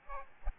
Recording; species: mosquito wingbeat signal from an infrared sensor; Aedes albopictus